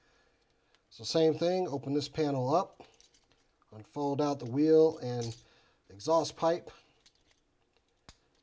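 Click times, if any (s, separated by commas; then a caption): 8.1 s. Someone talks while unfolding the wheel and exhaust pipe section of a plastic Transformers Studio Series 86 Voyager Class Hot Rod action figure's leg during its transformation, with faint handling ticks in the pauses. The section clicks sharply into position in the leg joint at 8.1 s, seating it.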